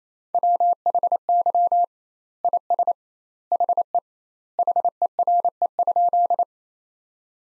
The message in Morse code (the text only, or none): WHY IS HE HERE?